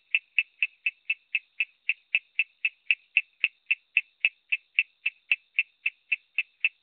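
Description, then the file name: Coorg yellow bush frog calling in a steady series of short, clicking chirps, about four each second, with no other sounds. "Raorchestes luteolus call"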